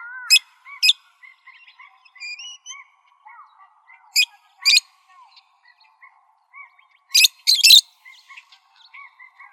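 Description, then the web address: Parrot calls: repeated harsh, grating screeches, often in pairs, with a longer double burst near the end, amid soft chirps and tonal notes. "Parrots AZFO deviche"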